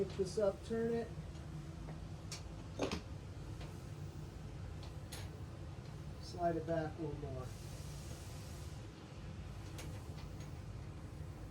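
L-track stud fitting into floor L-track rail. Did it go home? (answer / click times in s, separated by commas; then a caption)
no / none. An L-track stud is handled, turned and slid back along a floor L-track rail while someone talks, with brief knocks and scrapes at about 2.3, 2.9 and 5.1 seconds. The stud has not locked into the rail yet, and nothing has seated or clicked by the end of the clip.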